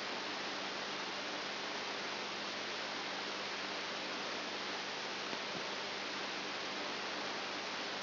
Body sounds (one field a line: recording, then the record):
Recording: brain microelectrode recording played as sound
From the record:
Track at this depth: outside the subthalamic nucleus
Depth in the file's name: 6.9 mm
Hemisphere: right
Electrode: 2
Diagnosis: Parkinson's disease